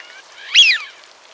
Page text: Eurasian Wigeon Calls. Quick Sounds